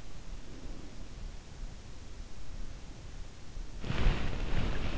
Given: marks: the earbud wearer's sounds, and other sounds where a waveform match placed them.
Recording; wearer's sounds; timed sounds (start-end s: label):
sounds in sleep by an in-ear microphone; breath, body movement
0.00-1.43 s: breath
3.72-4.98 s: body movement